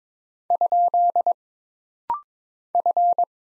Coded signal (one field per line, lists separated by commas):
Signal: Morse code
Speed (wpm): 22 wpm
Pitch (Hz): 700 Hz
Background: none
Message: ? F